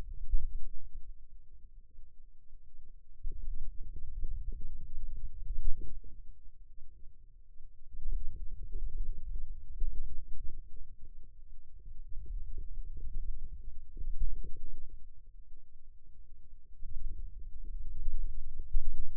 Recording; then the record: forearm muscle sounds (acoustic myography)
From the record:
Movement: hand opening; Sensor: system 2, bracelet of six BSWA MPA416 microphones around the upper forearm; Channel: 2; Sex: male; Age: 22 years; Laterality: right